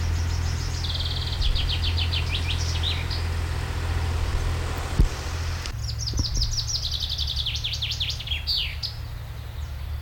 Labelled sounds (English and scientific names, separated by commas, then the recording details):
Common Chaffinch (Fringilla coelebs)
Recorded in the wild
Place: Schloßpark Babelsberg, Brandenburg, DE
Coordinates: 52.4, 13.1
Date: 1996-06-07 13:21
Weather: sonnig, 24-30°C
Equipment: Sony MD-WM MZ-R3, Sennheiser MKH 416 T, Kopie Uher 4000 Report Monitor
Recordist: Tembrock, Günter